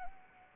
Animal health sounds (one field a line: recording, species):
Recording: mosquito wingbeat signal from an infrared sensor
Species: Anopheles arabiensis